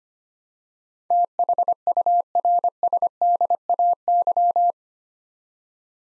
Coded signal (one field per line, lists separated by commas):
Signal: Morse code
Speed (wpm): 25 wpm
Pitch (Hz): 700 Hz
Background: none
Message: THURSDAY